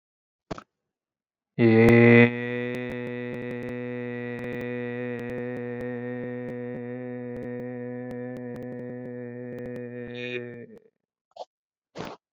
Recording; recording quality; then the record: sustained vowel as in made; excellent, no background noise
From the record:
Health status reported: exposed to COVID-19, no respiratory illness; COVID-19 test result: negative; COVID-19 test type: RT-PCR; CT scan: taken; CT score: 5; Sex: male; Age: 36 years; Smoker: yes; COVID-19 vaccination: one dose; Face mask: not worn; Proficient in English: yes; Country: India